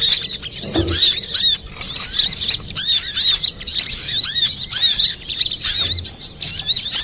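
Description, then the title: Little spiderhunter, shrill rapid chirping in dense bursts of arched notes, with short gaps between runs. Master recording used for training cage birds. "Masteran Burung Sogok Ontong Labaik"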